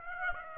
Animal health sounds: mosquito wingbeat signal from an infrared sensor; Aedes aegypti

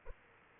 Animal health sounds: mosquito wingbeat signal from an infrared sensor; Aedes aegypti

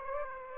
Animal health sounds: mosquito wingbeat signal from an infrared sensor; Aedes aegypti

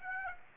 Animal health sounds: mosquito wingbeat signal from an infrared sensor; Aedes aegypti

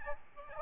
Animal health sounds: mosquito wingbeat signal from an infrared sensor; Aedes albopictus

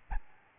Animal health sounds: mosquito wingbeat signal from an infrared sensor; Aedes albopictus

